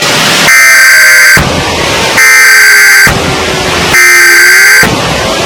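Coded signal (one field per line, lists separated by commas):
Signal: Emergency Alert System (SAME) tones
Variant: header bursts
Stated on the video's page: Fictional mock EAS alert.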